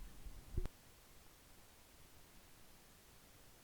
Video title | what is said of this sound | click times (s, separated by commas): How do you use a BNC connector? | this should give a little click so the center pin should click inside the body of the bnz | 0.7 s